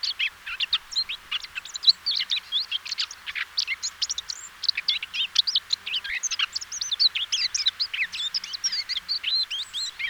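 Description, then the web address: Eurasian blackcap warbling without pause, many short high notes and twisting whistles tumbling over one another in a fast, varied stream. "SETE data Sylvia atricapilla"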